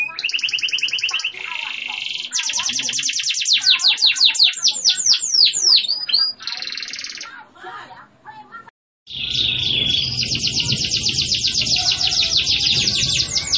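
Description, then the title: Canary singing varied phrases: buzzy rolls, quick sweeping notes and rapid trills, a brief pause about two-thirds of the way through, then a long, dense, high rolling trill. Local canary, a vigorous singer with a luxurious song phrasing style (cengkok), described as being of national-champion quality. "Cengkok Kenari Mewah"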